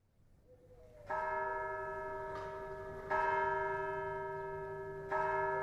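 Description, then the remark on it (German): A church bell in the bell tower of Dieulefit, Provence, France, tolls three times at steady two-second intervals, each deep, resonant strike ringing out with long overtones that slowly fade into the next. “Die Zeit vergeht, verbringen Sie gut, steht auf Provenzalisch unter der Sonnenuhr auf dem Glockenturm von Dieu le Fils.”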